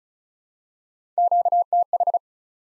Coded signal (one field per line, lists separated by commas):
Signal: Morse code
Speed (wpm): 36 wpm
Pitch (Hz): 700 Hz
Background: none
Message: QTH